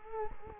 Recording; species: mosquito wingbeat signal from an infrared sensor; Culex quinquefasciatus